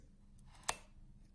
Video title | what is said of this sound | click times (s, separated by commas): Fuji GFX 50r Unboxing, Setup and Getting Ready for Shooting (Menu etc.) | and then we rotate it until it clicks. | 0.7 s